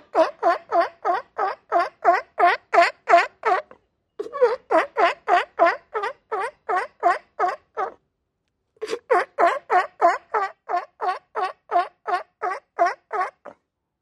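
Seal or sea lion calls, harsh harmonic notes repeated rapidly about three per second in three long runs separated by short pauses, with no other sounds.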